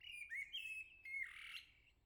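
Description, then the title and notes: Common blackbird song: a short run of fluting whistled notes sliding around a steady pitch, ending in a brief higher twittering flourish. Sings nearby on a morning at the start of summer, La Jarrie, France; recorded with SD MixPre-6 II, MS MKH40/30 in Cinela PIA2. "Le Merle salue l'été, 3 Gd Rue de Chassagne, 17220 La Jarrie, France. Quel Sol!!!! pour saluer l'arrivée de l'été ce matin! Merci Jolie Merle de tes vocalises à proximité!"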